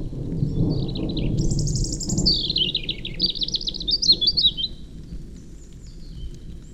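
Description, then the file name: European robin song, a high tumbling phrase of thin whistles and fast trills, over a low rumbling noise that fades after a few seconds. "Erithacus rubecula"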